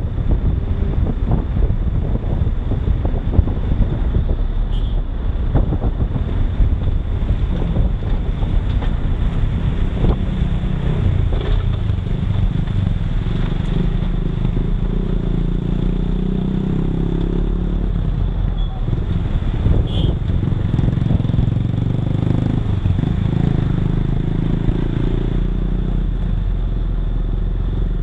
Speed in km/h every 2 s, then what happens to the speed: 32, 30, 29, 26, 23, 20, 20, 21, 22, 18, 16, 18, 20, 20.
0-10 slows to 20. 10-16 steady at about 20. 16-19 slows to 16. 19-28 steady at about 18.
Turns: none.